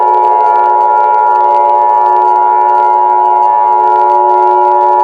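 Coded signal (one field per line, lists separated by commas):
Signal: Emergency Alert System (SAME) tones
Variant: 853 and 960 Hz attention tone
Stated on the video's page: Simulated EAS scenario with borrowed siren sounds.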